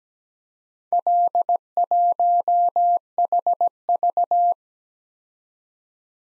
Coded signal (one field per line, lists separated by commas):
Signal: Morse code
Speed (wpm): 20 wpm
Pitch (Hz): 700 Hz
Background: none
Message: L1HV